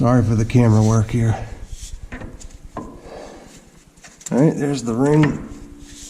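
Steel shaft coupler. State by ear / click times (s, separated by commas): not seated / none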